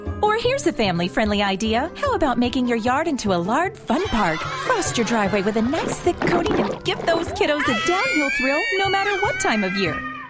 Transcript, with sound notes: Or here's a family-friendly idea. How about making your yard into a lard fun park?
(Screaming)
Roast your driveway with a nice, thick coating and give those kiddos a downhill thrill, no matter what time of year.